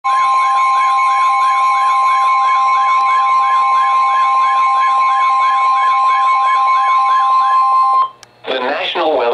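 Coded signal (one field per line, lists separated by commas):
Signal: Emergency Alert System (SAME) tones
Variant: 1050 Hz attention tone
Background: speech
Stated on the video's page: Special Marine Warning on a NOAA weather radio station in Milwaukee, Wisconsin.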